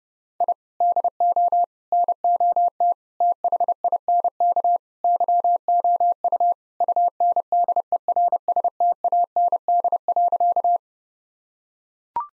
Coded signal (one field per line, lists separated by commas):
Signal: Morse code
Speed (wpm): 32 wpm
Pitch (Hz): 700 Hz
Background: none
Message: I DO NOT THINK YOU UNDERSTAND.